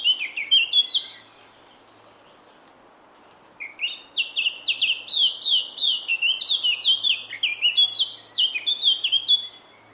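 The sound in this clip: Eurasian Blackcap song: two phrases of rapid, high, zigzagging notes, the second a long, even run of repeated slurred notes.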